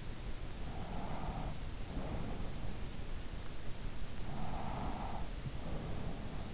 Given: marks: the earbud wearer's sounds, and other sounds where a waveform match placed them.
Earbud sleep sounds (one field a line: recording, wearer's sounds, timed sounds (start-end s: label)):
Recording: sounds in sleep by an in-ear microphone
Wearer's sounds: breath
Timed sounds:
0.24-2.89 s: breath
4.08-6.49 s: breath